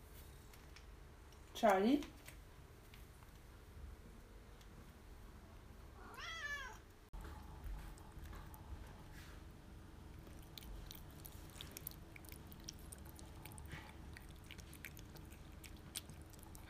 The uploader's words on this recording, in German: Kätzchen. Miauen, fressen, trinken und schnurren.